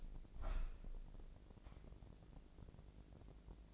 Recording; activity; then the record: daily activity, microphone in the room; open window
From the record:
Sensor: 5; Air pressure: 1012.4 hPa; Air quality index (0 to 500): 161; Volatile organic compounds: 2 ppm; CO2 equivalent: 1090 ppm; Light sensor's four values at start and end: 69/166/68/73 and 69/166/68/73